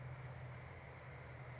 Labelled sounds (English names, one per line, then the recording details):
California Towhee
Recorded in Sonoma County, California